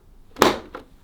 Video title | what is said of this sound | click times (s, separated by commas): Cleaning your PS5 Console - A quick How to guide on the areas to clean | push it up about a centimeter until it locks into place so listen to this | 0.4 s